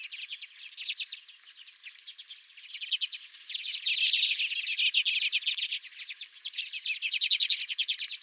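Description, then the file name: Redpolls giving rapid buzzy chatter, many overlapping twitters that grow louder midway and keep up a steady stream of notes. Several redpolls at the recordist's feeder. "Redpolls at My Feeder"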